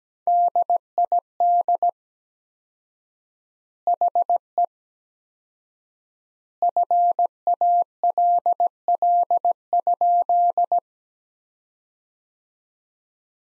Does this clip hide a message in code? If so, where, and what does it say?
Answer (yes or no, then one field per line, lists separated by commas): yes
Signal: Morse code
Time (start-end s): 0.3-10.8 s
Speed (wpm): 17 wpm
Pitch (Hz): 700 Hz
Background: none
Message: DID HE FALL?